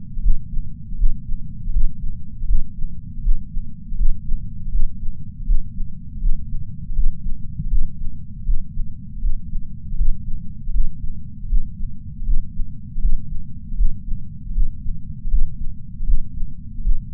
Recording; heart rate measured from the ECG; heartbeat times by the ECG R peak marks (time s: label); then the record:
heart sounds by patch sensor on the chest; 79 bpm
0.18 s: heartbeat
0.94 s: heartbeat
1.69 s: heartbeat
2.43 s: heartbeat
3.19 s: heartbeat
3.93 s: heartbeat
4.67 s: heartbeat
5.42 s: heartbeat
6.17 s: heartbeat
6.91 s: heartbeat
7.66 s: heartbeat
8.41 s: heartbeat
9.17 s: heartbeat
9.93 s: heartbeat
10.69 s: heartbeat
11.45 s: heartbeat
12.21 s: heartbeat
12.97 s: heartbeat
13.73 s: heartbeat
14.50 s: heartbeat
15.26 s: heartbeat
16.02 s: heartbeat
16.79 s: heartbeat
From the record:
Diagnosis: coronary artery disease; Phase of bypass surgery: intraoperative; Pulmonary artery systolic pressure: 21 mmHg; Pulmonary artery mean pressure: 15 mmHg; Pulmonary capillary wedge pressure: 10 mmHg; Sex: male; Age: 65 years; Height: 170 cm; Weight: 65 kg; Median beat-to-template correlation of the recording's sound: 0.94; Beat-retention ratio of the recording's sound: 0.99